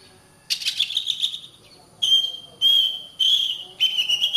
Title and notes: suara kacer. suara burung kacer